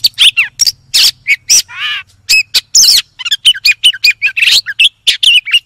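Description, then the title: Magpie-robin song of sharp whistled notes and harsh buzzy bursts, with one rasping note early on and short silences between phrases. "Kacer"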